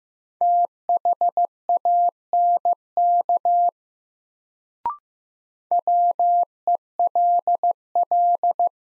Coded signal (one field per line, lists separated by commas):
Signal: Morse code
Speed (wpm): 15 wpm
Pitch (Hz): 700 Hz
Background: none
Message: THANK WELL